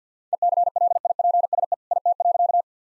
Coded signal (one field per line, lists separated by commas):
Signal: Morse code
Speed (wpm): 50 wpm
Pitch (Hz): 700 Hz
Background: none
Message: ECLIPSE IT.